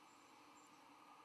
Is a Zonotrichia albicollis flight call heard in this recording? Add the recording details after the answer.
no. No flight call is heard. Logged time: 05:01 on 12 November 2014